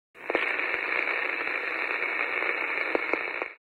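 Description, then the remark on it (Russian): A steady wash of radio static hisses throughout, broken by a few sharp ticking pulses that click through the noise at uneven intervals, a couple bunched near the start and a few more near the end. “От своего собственного сердцебиения, которое слышала даже яснее, чем тикающие удары по радио.”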